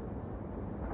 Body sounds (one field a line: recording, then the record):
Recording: background sound without coughing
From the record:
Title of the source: Train Ride Ambience ambient white noise for sleeping, focus, studying, reading